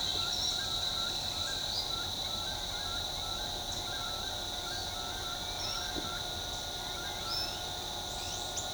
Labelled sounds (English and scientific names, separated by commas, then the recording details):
Chestnut-winged Chachalaca (Ortalis garrula), Ochre-lored Flatbill (Tolmomyias flaviventris)
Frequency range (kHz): Chestnut-winged Chachalaca (Ortalis garrula) 0.7-2.6 kHz; Ochre-lored Flatbill (Tolmomyias flaviventris) 5.1-5.7 kHz
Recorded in shrubland near Pivijay, Magdalena, Colombia, on 17 April 2023 at 08:00
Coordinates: 10.453, -74.365
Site P5-G022